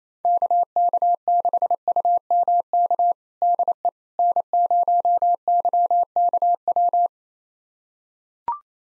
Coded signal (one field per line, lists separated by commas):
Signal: Morse code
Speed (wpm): 28 wpm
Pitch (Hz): 700 Hz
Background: none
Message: KK6UMK DE N0YKW